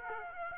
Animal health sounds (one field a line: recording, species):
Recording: mosquito wingbeat signal from an infrared sensor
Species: Aedes aegypti